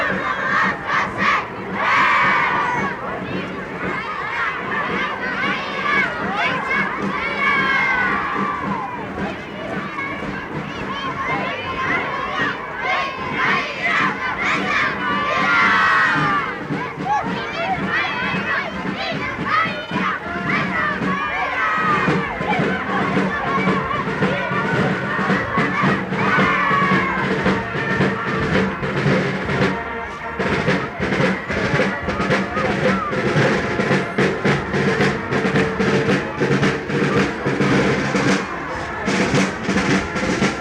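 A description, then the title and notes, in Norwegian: A children's parade fills the scene with dense, continuous cheering and shouting voices, while a band plays faintly underneath throughout. Lyden av jublende barnetog og korps på 17.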